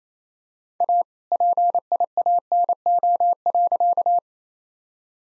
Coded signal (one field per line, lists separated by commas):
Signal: Morse code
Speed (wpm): 27 wpm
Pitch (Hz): 700 Hz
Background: none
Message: A PIANO.